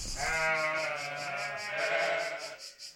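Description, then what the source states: Sheep (ewe): a long, wavering bleat over a steady pulsing hiss. Ewes at La Cabane des Brebis sheep farm, Saint-André-en-Royans, in the Royans hills at the foot of the Vercors, France; sheepfold in a converted locksmith's building, started three years earlier.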